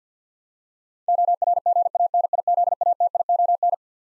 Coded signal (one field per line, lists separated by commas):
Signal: Morse code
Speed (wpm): 50 wpm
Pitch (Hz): 700 Hz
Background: none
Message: ORGANIZATION